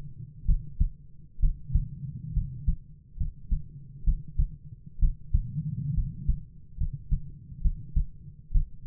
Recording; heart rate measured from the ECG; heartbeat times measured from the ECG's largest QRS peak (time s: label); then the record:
heart sounds by stethoscope; 67 bpm
0.45 s: heartbeat
1.39 s: heartbeat
2.33 s: heartbeat
3.17 s: heartbeat
4.04 s: heartbeat
4.99 s: heartbeat
5.94 s: heartbeat
6.77 s: heartbeat
7.61 s: heartbeat
8.51 s: heartbeat
From the record:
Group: healthy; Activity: rest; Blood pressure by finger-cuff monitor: 100/57 mmHg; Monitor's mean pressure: 67 mmHg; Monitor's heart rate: 67 bpm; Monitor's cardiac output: 7.4 L/min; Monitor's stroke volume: 111 mL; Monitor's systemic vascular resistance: 660 dyn s/cm5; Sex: male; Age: 22 years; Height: 185 cm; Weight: 112.4 kg